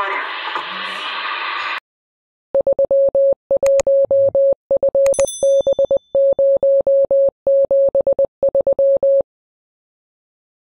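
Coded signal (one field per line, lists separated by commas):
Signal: Morse code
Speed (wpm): 20 wpm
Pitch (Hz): 550 Hz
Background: speech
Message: 31FB073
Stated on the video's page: Amateur radio DX contact between Portugal and England.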